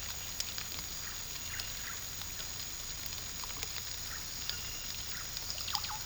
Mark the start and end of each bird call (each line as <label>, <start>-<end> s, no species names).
bird call, 0.81-1.99 s
bird call, 4.00-5.24 s
bird call, 5.64-5.98 s